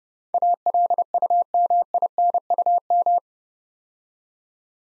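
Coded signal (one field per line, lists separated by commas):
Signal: Morse code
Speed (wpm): 30 wpm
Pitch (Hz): 700 Hz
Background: none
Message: ALUMINUM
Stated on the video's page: Morse practice at 30 wpm sending 8-letter words for head-copy drill, each word sent twice.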